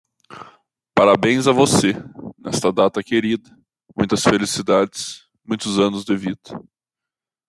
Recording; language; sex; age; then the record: short text; Brazilian Portuguese; male; 20 to 29 years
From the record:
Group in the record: control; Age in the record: 29 years